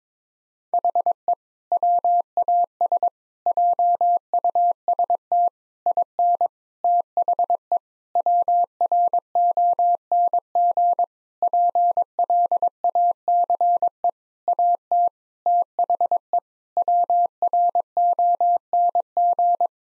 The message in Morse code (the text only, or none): HE WAS JUST IN THE WRONG PLACE AT THE WRONG